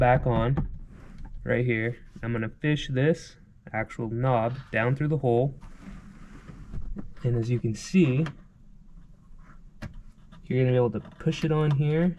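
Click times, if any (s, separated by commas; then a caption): none. Someone talks while fishing a plastic rear seat release knob down through the hole and lining it up on the seat latch lever of a 1993–1998 VW MK3 Jetta, ready to push it on. Between the talking there are quiet handling rustles and a brief faint tap near 7.0 seconds. The knob has not been pushed home yet, and nothing has clicked or seated.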